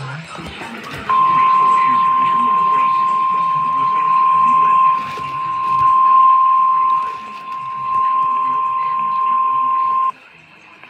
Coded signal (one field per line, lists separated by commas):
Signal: Emergency Alert System (SAME) tones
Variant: 1050 Hz attention tone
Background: speech